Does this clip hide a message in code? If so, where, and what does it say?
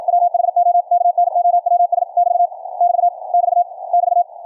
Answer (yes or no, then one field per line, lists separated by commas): yes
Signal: Morse code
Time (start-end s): 0.1-4.2 s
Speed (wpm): 54 wpm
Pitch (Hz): 700 Hz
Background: none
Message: WHO KNOWS <BT> <BT> <BT> <BT>